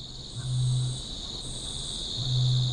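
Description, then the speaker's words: Australasian Bittern booming: deep, low, resonant booms over a high buzzing insect chorus. Mating call in an Australian marsh, captured by sound recorders; calling resumed after flood waters dropped, slightly outside the breeding season. "Now, when that water level dropped back down, which was slightly out of their breeding season, the birds started to call."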